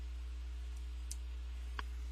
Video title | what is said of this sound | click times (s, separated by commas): 1/144 Scale RG Gundam Mk-II AEUG | down and then just maneuver it until it clicks into place. | 1.1 s, 1.8 s